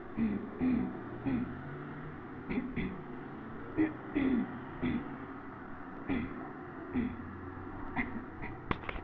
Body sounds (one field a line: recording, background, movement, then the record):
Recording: throat clearing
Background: traffic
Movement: sitting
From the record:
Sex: female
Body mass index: 22.6 kg/m2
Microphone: on the chest, facing the body